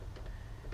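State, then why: Seated. The lower half of a sealed plastic tow-hookup wiring connector on a tow pigtail is lined up over its terminals and pushed into its mating connector housing, with sealers inside to keep water out. Over a steady low rumble, a faint tap comes at 0.2 s and a sharp snap at 0.7 s as it seats and locks in place.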